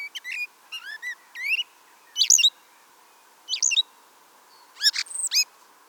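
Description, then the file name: Common blackbird calls: short high whistled notes and upward-swept chirps in scattered bursts, some with quick harmonic-rich flourishes, over a steady low hiss. "Turdus merula"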